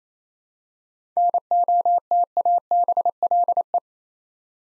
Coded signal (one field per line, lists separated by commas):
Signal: Morse code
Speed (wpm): 28 wpm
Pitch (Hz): 700 Hz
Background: none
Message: NOTABLE